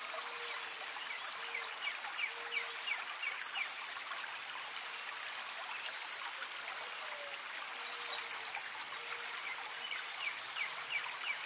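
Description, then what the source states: Birds twittering in a dense chorus, rapid high chirps and brief falling notes repeating throughout, set against continuous creek-like water noise. Birds recorded by a creek in a forest setting.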